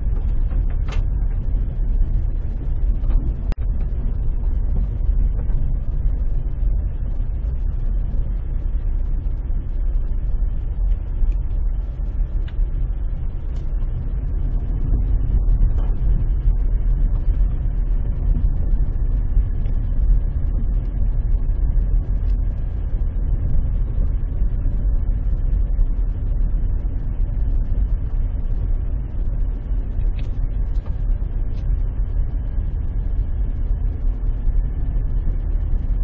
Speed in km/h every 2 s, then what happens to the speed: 8, 7, 7, 8, 8, 8, 10, 10, 10, 9, 9, 9, 9, 9, 9, 9, 10, 9.
0-36 steady at about 9.